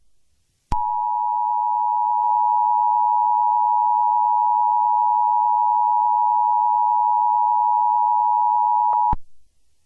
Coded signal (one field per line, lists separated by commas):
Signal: Emergency Alert System (SAME) tones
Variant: 853 and 960 Hz attention tone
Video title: EAS Scenario: Storm of the Century